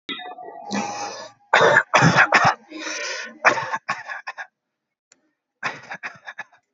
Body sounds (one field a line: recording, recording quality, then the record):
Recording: shallow voluntary cough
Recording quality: excellent, no background noise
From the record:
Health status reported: healthy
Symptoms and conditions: none ticked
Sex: male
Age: 28 years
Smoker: not ticked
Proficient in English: yes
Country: India